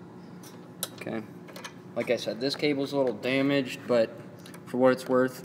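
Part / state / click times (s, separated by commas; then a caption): control cable end fitting into mounting bracket hole on walk-behind mower / seated / 0.8 s. A walk-behind mower's control cable end is pushed through the hole in its mounting bracket and snaps into place with a single sharp click at 0.8 seconds. Someone talks through the rest of the clip, and the cable is noted as a little damaged.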